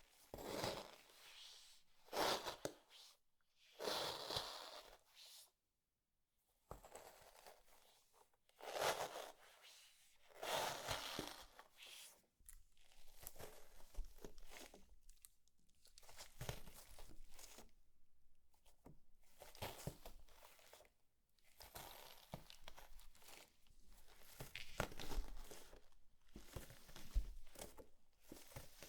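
Slime being squished and stretched, with wet crackling bursts in the first half separated by short silences, then denser continuous crinkly squelching.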